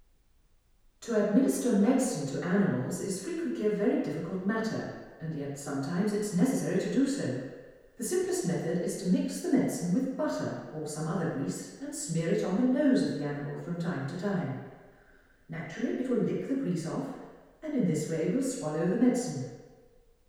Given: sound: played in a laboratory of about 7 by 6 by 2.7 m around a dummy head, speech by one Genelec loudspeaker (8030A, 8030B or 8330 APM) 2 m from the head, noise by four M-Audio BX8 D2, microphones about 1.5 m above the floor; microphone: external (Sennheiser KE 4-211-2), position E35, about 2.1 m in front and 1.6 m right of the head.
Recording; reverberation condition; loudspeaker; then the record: female speech in English; high; behind (180 degrees)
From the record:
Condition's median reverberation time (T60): about 1300 ms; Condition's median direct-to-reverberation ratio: about -4.0 dB